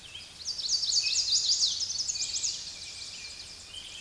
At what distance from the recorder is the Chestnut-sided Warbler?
about 20 m